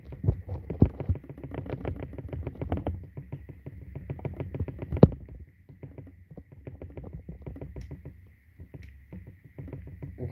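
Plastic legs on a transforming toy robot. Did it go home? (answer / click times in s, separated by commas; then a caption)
no / none. Someone flips the plastic legs of a transforming toy robot forward and tries to fix them in that position, producing a run of light plastic rattles and taps, the sharpest one around 5.0 s, over a faint steady high hum. The legs fail to lock in, so the pose isn't an intended one, and nothing has seated or clicked into place.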